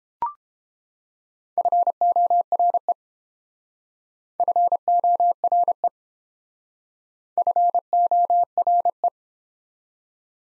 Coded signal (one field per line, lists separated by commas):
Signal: Morse code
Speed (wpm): 30 wpm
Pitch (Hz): 700 Hz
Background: none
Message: FORE FORE FORE